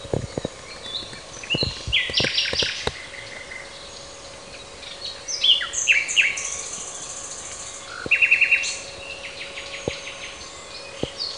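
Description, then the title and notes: Common nightingale song: loud repeated-note series, fast chattering trills and varied whistled phrases separated by short pauses, with occasional faint clicks. Recorded in June 2003 in Parco del Roccolo park, Parabiago. "usignolo al parco del Roccolo (giugno 2003)"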